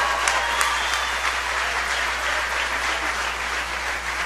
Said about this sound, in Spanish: Y bueno, sin mayor preámbulo, quisiera que demos un fuerte aplauso a esta Big Band y al maestro Edgar Dorantes para escuchar esa música.